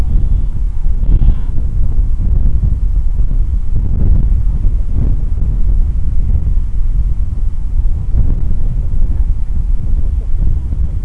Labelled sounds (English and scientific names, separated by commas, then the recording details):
Gentoo Penguin (Pygoscelis papua)
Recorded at the colony at Isla Martillo, on 8 December 2015
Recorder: Song Meter SM2+